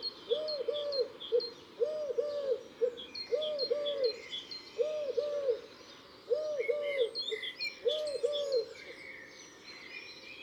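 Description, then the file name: Eurasian collared dove song: soft coo phrases repeated six times, roughly every one and a half seconds, with high chirping of other small birds behind. "Tourterelle turque ABC des chants doiseaux"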